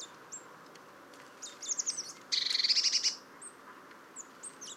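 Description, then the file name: Eurasian blue tit calls: thin high notes, then a short stuttering series, then a loud rapid buzzy churr, followed by faint high chips. "Cyanistes caeruleus"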